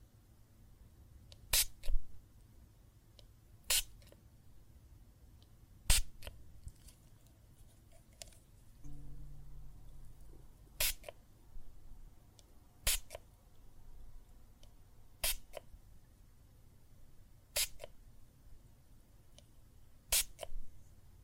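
Water and soap foam make soft, steady crackling and fizzing, with a low rumble running underneath. Sharp bright pops and squelches cut through about every two seconds. Around the nine-second mark the low background shifts into a faint hum.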